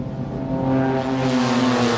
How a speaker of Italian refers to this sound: Il motore delle auto è un sottofondo costante negli stradoni larghi di quest'unica periferia milanese e anche il rombo di motori di eccezione, come quello di due Ferrari e di una Bentley,